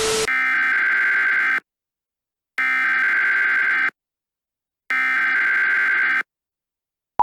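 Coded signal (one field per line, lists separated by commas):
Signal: Emergency Alert System (SAME) tones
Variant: header bursts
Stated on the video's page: Fictional analog-horror EAS scenario.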